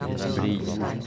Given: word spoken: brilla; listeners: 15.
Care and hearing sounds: one Spanish word in noise, from a listening test; eight-talker babble; -1.4 dB; 0 of 15; 7 of 15; 0.67 s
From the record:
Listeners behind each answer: 7, 2, 1, 1, 1, 1, 1, 1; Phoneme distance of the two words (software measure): 10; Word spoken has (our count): 2 syllables, 5 phonemes, stress on syllable 1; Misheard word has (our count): 2 syllables, 5 phonemes, stress on syllable 1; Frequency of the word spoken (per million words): 4.88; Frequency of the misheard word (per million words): 16.58

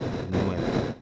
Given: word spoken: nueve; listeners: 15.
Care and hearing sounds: one Spanish word in noise, from a listening test; noise modulated by three-talker babble; -4.0 dB; 2 of 15; 7 of 15; 0.62 s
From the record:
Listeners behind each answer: 7, 2, 1, 1, 1, 1, 1, 1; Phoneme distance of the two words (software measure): 10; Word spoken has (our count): 2 syllables, 5 phonemes, stress on syllable 1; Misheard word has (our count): 2 syllables, 5 phonemes, stress on syllable 1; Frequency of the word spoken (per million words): 79.00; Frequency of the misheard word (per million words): 506.44

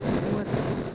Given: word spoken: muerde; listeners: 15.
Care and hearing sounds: one Spanish word in noise, from a listening test; noise modulated by three-talker babble; -6.3 dB; 0 of 15; 7 of 15; 0.55 s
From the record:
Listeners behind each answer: 7, 3, 1, 1, 1, 1, 1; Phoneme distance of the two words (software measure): 20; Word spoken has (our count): 2 syllables, 6 phonemes, stress on syllable 1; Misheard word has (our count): 2 syllables, 6 phonemes, stress on syllable 1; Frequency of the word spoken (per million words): 2.92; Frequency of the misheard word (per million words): 97.11

